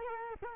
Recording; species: mosquito wingbeat signal from an infrared sensor; Culex quinquefasciatus